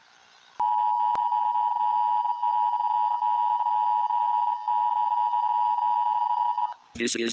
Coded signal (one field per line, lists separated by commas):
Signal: Emergency Alert System (SAME) tones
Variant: 853 and 960 Hz attention tone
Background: speech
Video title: eas scenario : the missing textures